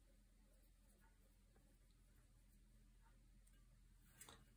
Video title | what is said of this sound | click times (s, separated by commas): Devongunsmith Diaries#13 AYA No. 4 Stock bending Adjustment | A little click and it's all in. | 4.2 s